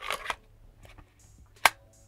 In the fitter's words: Satisfying click.